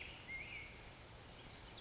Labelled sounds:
Black-headed Grosbeak

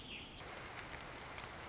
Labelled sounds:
Pacific Wren

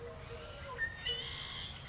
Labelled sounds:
Eurasian Collared Dove

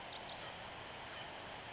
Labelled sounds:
Pacific Wren

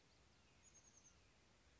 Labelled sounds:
Oak Titmouse

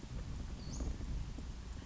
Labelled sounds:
Western Flycatcher

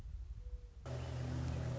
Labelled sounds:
Mourning Dove

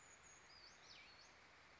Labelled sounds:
Brown Creeper

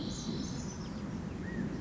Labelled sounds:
California Quail

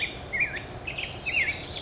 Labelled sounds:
Black-headed Grosbeak

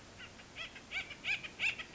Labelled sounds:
Acorn Woodpecker

